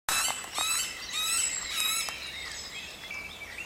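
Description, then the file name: Northern goshawk young calling with harmonic notes in quick, irregular succession against faint background noise. Young hawk recorded in Hukvaldy Park in 2017. "Mladý jestřáb Park Hukvaldy 2017"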